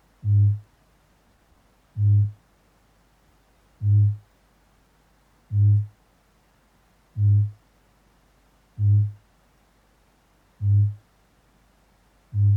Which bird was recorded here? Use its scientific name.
Strigops habroptilus